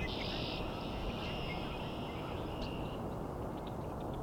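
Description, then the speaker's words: Red-winged Blackbird giving a short buzzy burst followed by thinner drawn-out notes, over a strong low rumble. Male, one of many males at Cootes Paradise in mid-March. "Also lots of male red-winged blackbirds, as you can hear. Got a really close-up one here."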